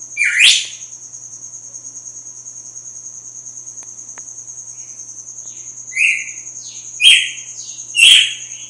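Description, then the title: Red-cowled cardinal gives one chirp, falls quiet for several seconds, then resumes with buzzy chirped notes about a second apart, while a steady high whine continues. Female singing strongly at dawn after the moult. "Canto Galo Campina Fêmea 02. GALO DE CAMPINA AÇOITA FORTE NA MADRUGADA DEPOIS DA MUDA"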